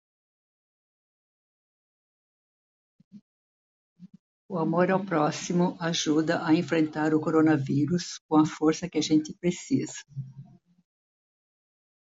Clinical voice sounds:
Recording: spoken sentence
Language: Brazilian Portuguese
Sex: female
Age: 70 to 79 years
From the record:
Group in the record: control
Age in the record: 70 years

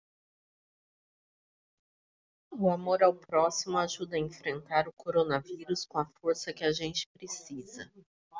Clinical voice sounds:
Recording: spoken sentence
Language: Brazilian Portuguese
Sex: female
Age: 40 to 49 years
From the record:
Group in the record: control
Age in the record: 42 years

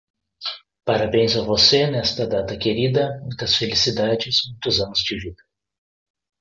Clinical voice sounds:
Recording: short text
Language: Brazilian Portuguese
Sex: male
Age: 20 to 29 years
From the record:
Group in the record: control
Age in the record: 26 years

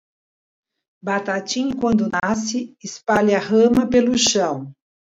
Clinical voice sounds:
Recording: short text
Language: Brazilian Portuguese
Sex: female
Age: 60 to 69 years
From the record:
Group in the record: control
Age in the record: 66 years

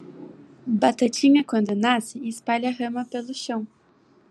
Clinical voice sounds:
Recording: short text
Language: Brazilian Portuguese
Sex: female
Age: 20 to 29 years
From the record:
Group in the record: control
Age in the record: 26 years

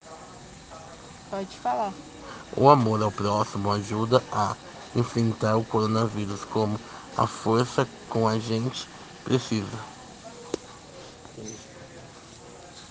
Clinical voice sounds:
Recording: spoken sentence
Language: Brazilian Portuguese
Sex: male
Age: 30 to 39 years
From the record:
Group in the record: respiratory insufficiency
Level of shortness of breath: 5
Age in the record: 30 years

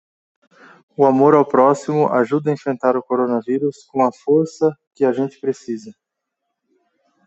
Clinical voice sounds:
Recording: spoken sentence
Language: Brazilian Portuguese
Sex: male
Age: 20 to 29 years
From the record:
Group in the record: control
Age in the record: 26 years

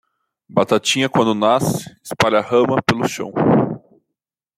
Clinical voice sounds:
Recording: short text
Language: Brazilian Portuguese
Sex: male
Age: 20 to 29 years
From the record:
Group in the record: control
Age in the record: 29 years

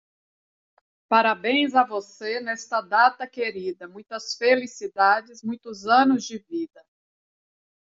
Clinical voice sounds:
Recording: short text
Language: Brazilian Portuguese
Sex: female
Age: 40 to 49 years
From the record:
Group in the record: control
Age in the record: 48 years

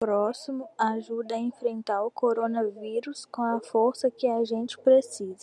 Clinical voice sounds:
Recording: spoken sentence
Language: Brazilian Portuguese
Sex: female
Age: 18 to 19 years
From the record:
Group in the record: control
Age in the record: 19 years

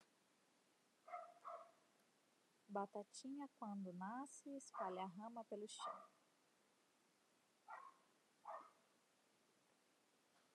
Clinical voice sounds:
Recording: short text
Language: Brazilian Portuguese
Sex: female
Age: 30 to 39 years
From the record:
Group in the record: control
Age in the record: 37 years

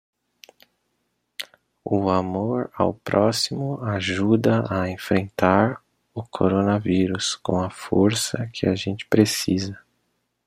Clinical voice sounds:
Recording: spoken sentence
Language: Brazilian Portuguese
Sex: male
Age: 30 to 39 years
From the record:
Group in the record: control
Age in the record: 34 years

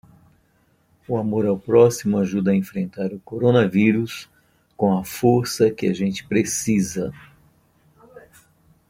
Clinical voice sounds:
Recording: spoken sentence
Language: Brazilian Portuguese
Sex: male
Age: 60 to 69 years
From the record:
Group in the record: control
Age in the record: 63 years

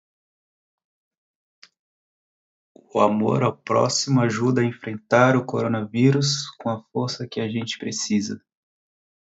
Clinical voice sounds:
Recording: spoken sentence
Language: Brazilian Portuguese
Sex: male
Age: 30 to 39 years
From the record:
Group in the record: control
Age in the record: 32 years

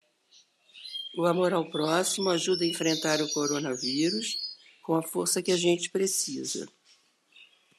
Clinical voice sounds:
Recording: spoken sentence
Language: Brazilian Portuguese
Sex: female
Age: 60 to 69 years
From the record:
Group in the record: control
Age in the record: 61 years

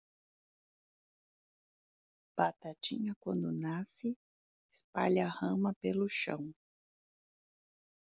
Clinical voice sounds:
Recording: short text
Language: Brazilian Portuguese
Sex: female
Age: 30 to 39 years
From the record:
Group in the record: control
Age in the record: 35 years

